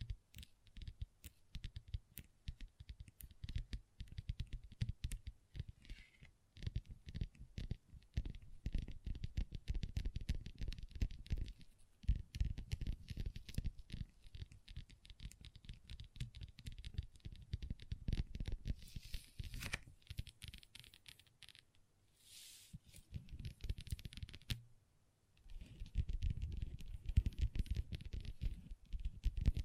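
Long nails tap rapidly on a table in dense, uneven flurries of clicks with a soft thudding undertone. Brief pauses come near 12 and 25 seconds, and short bright scratching strokes appear around 19 and 23 seconds before the tapping resumes.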